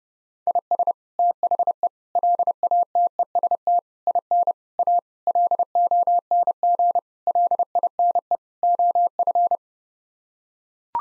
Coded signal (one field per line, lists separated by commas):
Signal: Morse code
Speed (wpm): 30 wpm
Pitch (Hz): 700 Hz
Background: none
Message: IS THE LATEST IN A LONG LINE OF